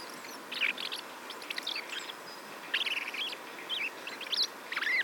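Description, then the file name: Common blackbird singing in scattered bursts of twittering notes, ending with a clearer fluted whistle, over a faint constant hiss. "Turdus merula"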